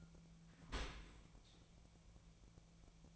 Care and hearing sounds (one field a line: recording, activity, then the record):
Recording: daily activity, microphone in the room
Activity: open dishwasher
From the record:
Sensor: 1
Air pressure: 1000.5 hPa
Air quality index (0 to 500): 184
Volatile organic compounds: 4 ppm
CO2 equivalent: 1691 ppm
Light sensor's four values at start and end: 11/27/11/13 and 11/27/11/13